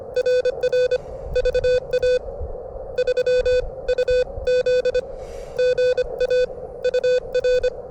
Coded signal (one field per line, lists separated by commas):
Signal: Morse code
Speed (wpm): 25 wpm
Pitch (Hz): 1500 Hz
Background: none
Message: RR VA3UZ GA UR